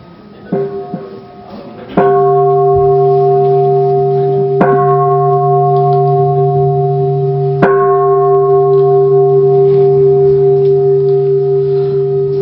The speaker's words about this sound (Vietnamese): Thầy sẽ điều hành buổi lễ cho ba tiếng chuông.